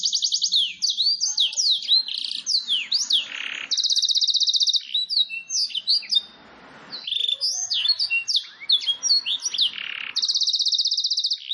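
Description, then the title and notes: Domestic canary song alternating fast swept whistles with long even trills, a brief quiet break, then more trills and chirps. Long continuous canary song used as a lure and as tutoring material for training wild canaries. "Pikat Kenari GACOR PANJANG INI Cocok Untuk Masteran KENARI LIAR. Masteran burung kenari gacor parah"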